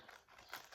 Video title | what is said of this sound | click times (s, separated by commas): Travelling to Holland, Hermes Visit & My Own Perfume - WINKE | Um with this little click system. | 0.5 s